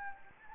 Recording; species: mosquito wingbeat signal from an infrared sensor; Anopheles gambiae